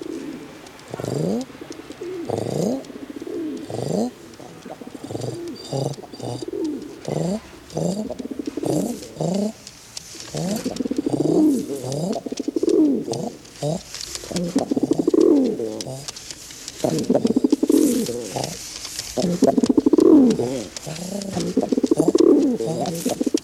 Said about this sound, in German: Du kannst nicht einer bestimmten Taube aus einem ganzen Schwarm zurufen.